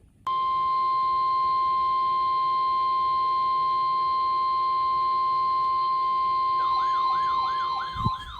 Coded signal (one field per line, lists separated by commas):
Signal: Emergency Alert System (SAME) tones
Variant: 1050 Hz attention tone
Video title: The Raleigh-Wakefield Show - EAS Alerts from 8/2/24 || EAS 1,368-1,376